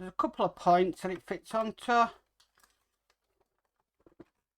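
A small plastic part of a scale VW T1 Samba campervan model is being handled and positioned onto its locating points on the front section while someone talks. Faint small handling ticks follow after the talking, including one near 4.2 s. Nothing has seated or clicked into place yet.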